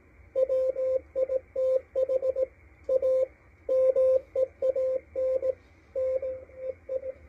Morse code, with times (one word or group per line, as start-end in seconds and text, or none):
0.4-2.4 WITH
2.9-3.2 A
3.7-5.5 MEAN
6.0-7.1 NEI